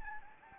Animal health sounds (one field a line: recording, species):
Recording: mosquito wingbeat signal from an infrared sensor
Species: Anopheles gambiae